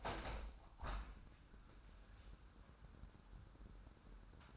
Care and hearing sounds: daily activity, microphone in the room; open window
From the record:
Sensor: 2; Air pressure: 998.1 hPa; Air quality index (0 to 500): 146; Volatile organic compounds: 4 ppm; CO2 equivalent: 1655 ppm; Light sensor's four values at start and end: 10/29/12/11 and 10/29/12/11

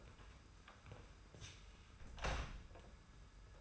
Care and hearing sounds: daily activity, microphone in the room; close door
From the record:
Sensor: 2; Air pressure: 991.5 hPa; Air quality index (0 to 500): 146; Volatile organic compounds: 351 ppm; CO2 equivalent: 4585 ppm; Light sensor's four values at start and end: 31/93/36/34 and 31/93/36/34

